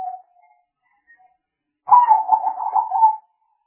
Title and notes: Pikat Burung Tekukur. Kumpulan suara burung tekukur